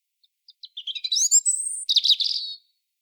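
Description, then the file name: European robin song starting with spaced ticks, building into rapid twittering that rises to a high held whistle, then a warbling close. "Erithacus rubecula"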